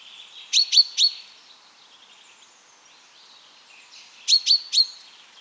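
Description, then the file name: Common chaffinch calling with short, sharp, high notes in quick groups of three, a second group following about three seconds later, with soft chatter underneath. "Fringilla coelebs"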